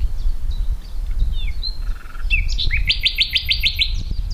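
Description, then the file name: Common nightingale with faint slurred notes, then a loud rapid trill of repeated notes in the second half, over steady low rumble. "Luscinia megarhynchos"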